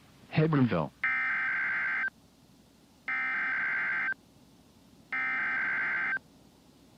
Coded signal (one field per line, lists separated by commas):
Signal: Emergency Alert System (SAME) tones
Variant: header bursts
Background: speech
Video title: EAS - CRP Required Weekly Test on WXK26 - 12/21/2022